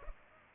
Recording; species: mosquito wingbeat signal from an infrared sensor; Culex pipiens